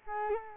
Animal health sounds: mosquito wingbeat signal from an infrared sensor; Culex quinquefasciatus

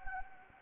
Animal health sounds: mosquito wingbeat signal from an infrared sensor; Anopheles gambiae

